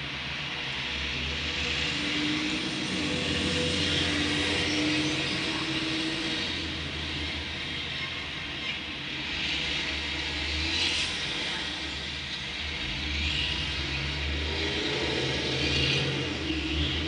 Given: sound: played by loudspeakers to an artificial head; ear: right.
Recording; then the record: road traffic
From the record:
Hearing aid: class 2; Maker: A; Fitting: closed earmoulds, the maker's default for a moderate loss (N3)